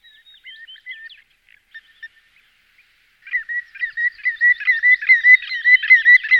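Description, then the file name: Common greenshank: a few faint scattered notes, a brief quiet gap, then a loud rapid series of ringing, evenly spaced piping notes building to the end. "vodouš-šedý"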